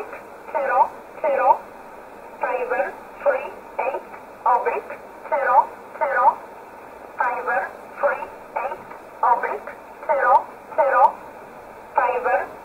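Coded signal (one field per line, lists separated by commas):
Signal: numbers station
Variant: E11 Oblique, English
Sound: about 16 short spoken words at a steady, even pace over narrowband radio audio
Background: radio static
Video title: 07 08 2019 E11 Oblique Numbers station in English 0901 on 7449 unknown tx site in USB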